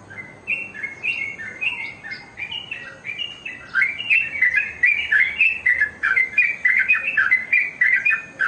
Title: Kicau Kacer